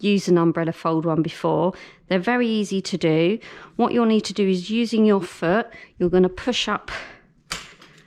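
Someone talks while using a foot to push up the fold release mechanism on the frame of an Ickle Bubba Discovery Max umbrella-fold pushchair to fold it down. A sharp click at 7.5 s marks the mechanism releasing.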